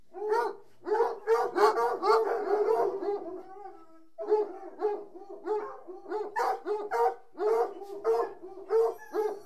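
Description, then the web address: Dog barking rapidly, roughly two barks a second, a brief break near four seconds, then steady barking resumes. From the BBC Sound Effects Library, CD 38. "The BBC Sound Effects Library - Complete 60 CDs Collection Sound Effects Library-38 (Horses # 2 and Dogs)"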